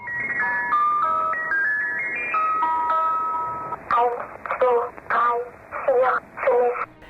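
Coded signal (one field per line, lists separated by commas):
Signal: numbers station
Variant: Swedish Rhapsody, German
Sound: tinkling music-box tune for four seconds, then about five short spoken words evenly spaced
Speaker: One of the creepiest stations ever was called Swedish Rap City. It used a child's music box and a child's voice to read numbers in German.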